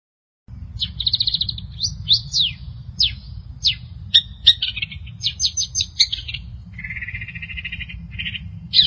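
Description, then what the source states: Long-tailed Shrike song, a varied run of whistled notes, quick buzzy trills and sharp chirps, with a lower rattling phrase near the end, over a steady low rumble. Dated March 2017 (201703).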